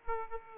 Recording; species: mosquito wingbeat signal from an infrared sensor; Aedes aegypti